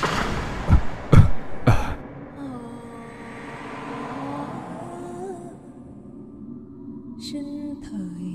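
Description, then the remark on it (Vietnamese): Three sharp, harsh coughs burst out in quick succession, loud and rough, then fade into a low, steady rumbling hum with faint tonal whines drifting over it. “Tiếng ho vừa dứt cũng là lúc giọng hò ghê rợn quen thuộc đó lại vang lên.”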